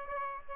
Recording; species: mosquito wingbeat signal from an infrared sensor; Aedes aegypti